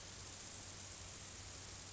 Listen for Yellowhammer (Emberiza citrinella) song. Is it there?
no